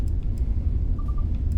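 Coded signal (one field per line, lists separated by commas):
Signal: none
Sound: video game beeps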